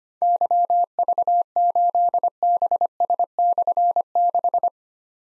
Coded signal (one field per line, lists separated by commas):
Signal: Morse code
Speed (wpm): 25 wpm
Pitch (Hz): 700 Hz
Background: none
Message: YV8BS/6